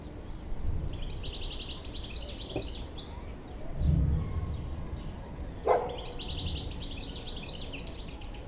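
European Goldfinch delivering two tinkling, liquid twittered phrases, each lasting two to three seconds, over low rumbling background noise.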